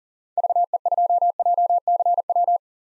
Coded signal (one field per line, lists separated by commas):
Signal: Morse code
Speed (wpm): 40 wpm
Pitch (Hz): 700 Hz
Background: none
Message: VE2JCW